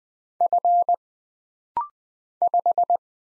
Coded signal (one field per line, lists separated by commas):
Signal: Morse code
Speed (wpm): 20 wpm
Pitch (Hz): 700 Hz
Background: none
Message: F 5